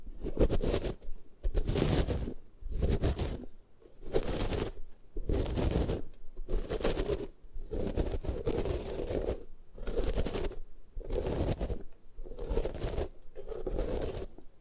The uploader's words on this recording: ASMR Satisfying Ways to Destroy Gym Chalk (No Talking).